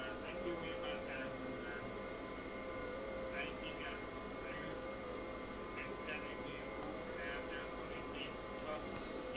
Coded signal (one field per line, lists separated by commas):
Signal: FT8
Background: speech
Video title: dx on 10m ham radio this morning. testing the streaming setup